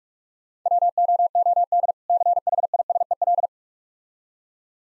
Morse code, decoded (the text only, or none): WOOD CHISEL